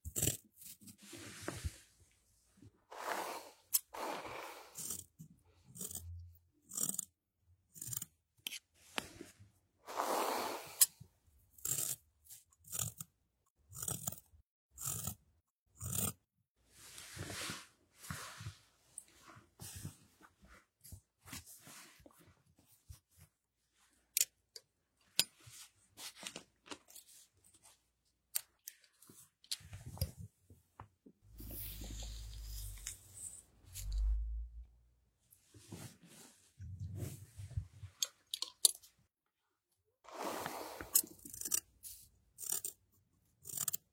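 Scissors snip through hair during a haircut. The crisp snips come in quick irregular runs with short pauses between. Around the half-minute mark a low humming sound runs for a few seconds before the snipping resumes.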